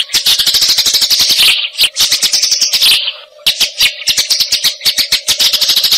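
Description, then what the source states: Eurasian tree sparrow chattering song: fast, dense runs of sharp chirps broken by a short pause, over a steady low hum. Masteran recording, used as a training song for fighting sparrows (gereja tarung).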